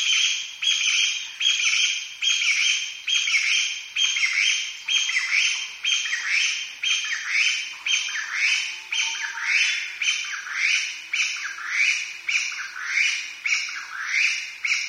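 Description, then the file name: Chinese bamboo partridge song: a long, rapid run of harsh, rising notes, pulsing steadily and relentlessly throughout. "kojukei"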